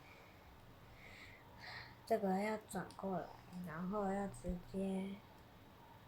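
A plastic part of a VOLPANOVA Quad Bike Ver. transforming toy is turned around and pressed directly toward its catch on the quad-bike body while someone talks. The part has not yet snapped on, and nothing has seated or clicked.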